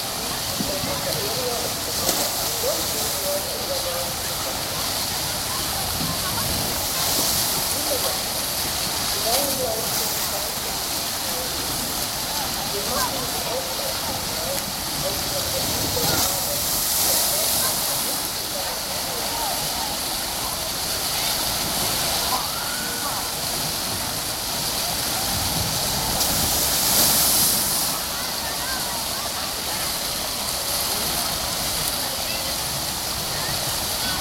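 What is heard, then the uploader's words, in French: Open-air public baths with a dense, steady wash of rushing water filling the high range throughout. Murmured crowd voices and scattered calls sit underneath, with brief louder splashes or shouts around 2, 17 and 27 seconds. Budapest, les bains Palatinus. Immense complexe thermale. Le bain en plein air se trouve dans l'île Marguerite, dans un milieu naturelle. Le site propose 11 piscines aux températures différentes dont 2 piscines thermales, également animées par des jets d'eau.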